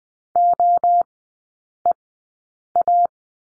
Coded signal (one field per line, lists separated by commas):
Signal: Morse code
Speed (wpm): 20 wpm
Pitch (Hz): 700 Hz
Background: none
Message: OEA